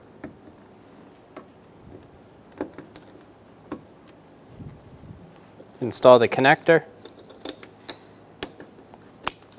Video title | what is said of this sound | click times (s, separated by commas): How to Replace Towing Mirror Set 2014-2018 Chevrolet Silverado 1500 | push until you hear a click if you don't give it a pull make sure it's locked on | 9.3 s